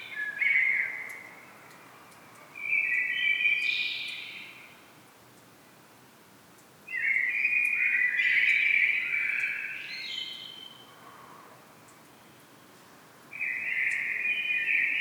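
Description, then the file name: Common blackbird song: mellow, whistled phrases separated by pauses, some ending in a brief higher twitter. "Turdus merula"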